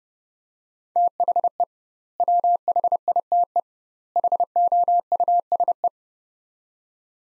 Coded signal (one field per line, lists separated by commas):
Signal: Morse code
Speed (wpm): 30 wpm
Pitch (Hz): 700 Hz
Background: none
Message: THE WHITE HOUSE